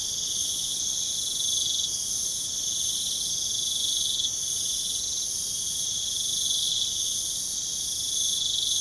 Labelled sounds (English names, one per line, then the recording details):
none
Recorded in pastures near Puerto Asís, Putumayo, Colombia, on 29 June 2025 at 02:00
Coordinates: 0.497, -76.327
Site G040